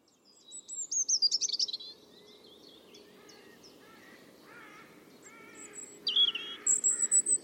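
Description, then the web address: European robin song: high, sparkling phrases at the start and end. "Deverinetal 2025 File origin Bird Only Er Ru"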